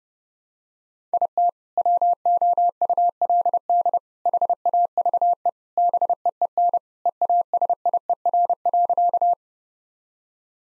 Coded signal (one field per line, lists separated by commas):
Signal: Morse code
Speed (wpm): 30 wpm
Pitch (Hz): 700 Hz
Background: none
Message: IT WOULD HAVE BEEN EASIER.